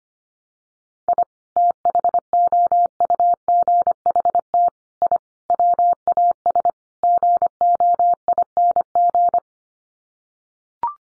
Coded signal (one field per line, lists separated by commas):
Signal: Morse code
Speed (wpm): 25 wpm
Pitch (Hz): 700 Hz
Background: none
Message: I THOUGHT I WAS GOING